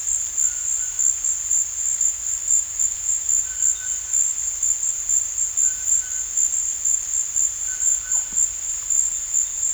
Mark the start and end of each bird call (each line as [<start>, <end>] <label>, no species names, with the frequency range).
[3.43, 4.04] bird call (0.9-3.9 kHz)
[5.60, 6.32] bird call (0.4-2.8 kHz)
[7.69, 8.34] bird call (0.3-2.9 kHz)